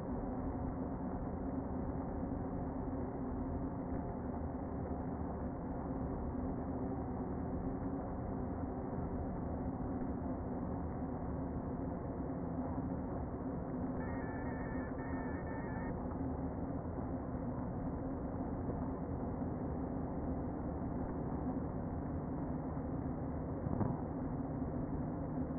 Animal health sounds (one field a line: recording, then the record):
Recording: honeybee colony, microphone inside the hive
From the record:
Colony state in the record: queen present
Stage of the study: before two queens were removed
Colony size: about 60,000 bees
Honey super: yes